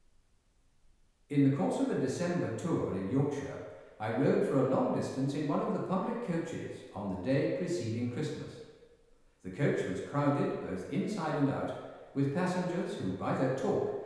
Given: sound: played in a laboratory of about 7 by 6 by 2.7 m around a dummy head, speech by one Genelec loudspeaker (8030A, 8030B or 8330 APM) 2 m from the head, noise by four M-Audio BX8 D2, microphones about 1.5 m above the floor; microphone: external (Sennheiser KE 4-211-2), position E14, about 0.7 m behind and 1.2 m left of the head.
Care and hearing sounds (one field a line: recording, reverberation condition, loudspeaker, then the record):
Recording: male speech in English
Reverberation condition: high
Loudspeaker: behind (180 degrees)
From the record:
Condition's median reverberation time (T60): about 1300 ms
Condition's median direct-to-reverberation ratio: about -4.0 dB